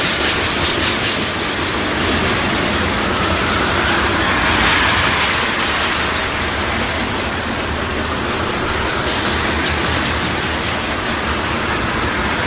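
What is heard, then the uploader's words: A train runs on tracks with a steady, dense roar that fills the whole clip. A rumbling low end sits under a hissing wash of rattle, swelling slightly around the middle and easing a little toward the end, with faint rhythmic clatter throughout. Train On Tracks.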